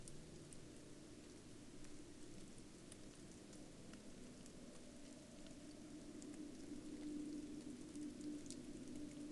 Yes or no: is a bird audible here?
no